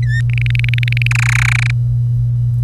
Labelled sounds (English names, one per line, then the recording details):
Domestic Canary song
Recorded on 25 April 2018 at 06:56
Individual llb3